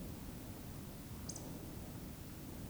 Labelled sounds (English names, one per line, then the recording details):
Eurasian Woodcock whistle
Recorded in Baden-Württemberg, Germany, on 12 June 2020 at 20:20 UTC
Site 43738, 650 m above sea level